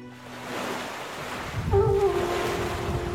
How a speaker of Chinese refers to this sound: 淮水之畔不如当今一派绿草如茵，彼时尽是飞沙走石，河水自西向东奔流怒嚎，河岸之物稍有不慎便会被卷入阵阵惊涛随波而逝。